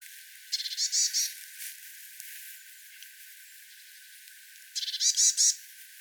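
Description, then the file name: Eurasian blue tit giving two bouts of its call, each a quick string of high thin notes running into buzzy, churring notes, several seconds apart. "Cyanistes caeruleus"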